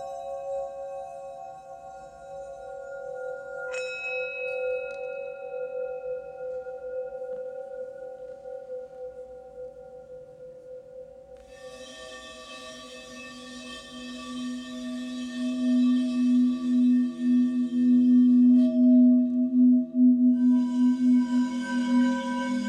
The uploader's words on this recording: HEALING BOWLS FOR LAKE COUNTY.